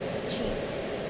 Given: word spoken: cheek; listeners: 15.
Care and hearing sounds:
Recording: one English word in noise, from a listening test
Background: speech-shaped noise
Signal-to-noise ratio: -6.0 dB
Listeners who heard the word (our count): 3 of 15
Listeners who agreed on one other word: 6 of 15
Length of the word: 0.70 s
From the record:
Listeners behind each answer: 6, 5, 3, 1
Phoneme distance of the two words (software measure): 10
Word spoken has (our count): 1 syllable, 3 phonemes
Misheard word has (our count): 1 syllable, 3 phonemes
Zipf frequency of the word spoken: 3.93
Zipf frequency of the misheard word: 4.65

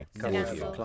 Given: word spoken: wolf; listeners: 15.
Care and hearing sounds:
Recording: one English word in noise, from a listening test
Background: four-talker babble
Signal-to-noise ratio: 0.6 dB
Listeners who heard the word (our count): 0 of 15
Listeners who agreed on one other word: 7 of 15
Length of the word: 0.45 s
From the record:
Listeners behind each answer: 7, 1, 1, 1, 1, 1, 1, 1, 1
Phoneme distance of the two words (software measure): 40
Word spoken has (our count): 1 syllable, 4 phonemes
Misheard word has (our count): 3 syllables, 4 phonemes, stress on syllable 1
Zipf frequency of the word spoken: 4.17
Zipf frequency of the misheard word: 3.33

